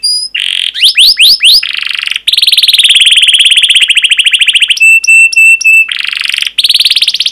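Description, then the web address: Canary with a string of rising whistled notes, then a long fast buzzy trill, ringing repeated notes and another quick rolling tour. Long 'pancingan' (lure) canary song, presented as masteran (tutor recording) for canaries. "kenari pancingan panjang. masteran kenari"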